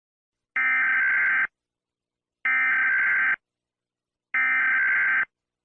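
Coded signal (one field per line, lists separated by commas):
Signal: Emergency Alert System (SAME) tones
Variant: header bursts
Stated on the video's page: Simulated EAS scenario alert.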